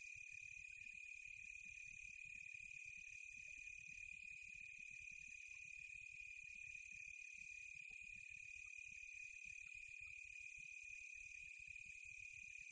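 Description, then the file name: Crickets keep up a constant shrill chirping drone that never pauses, over a soft low background rumble. Quiet tropical night; crickets close by. "smartsound ATMO NATURE Quiet Tropical Night Close Crickets"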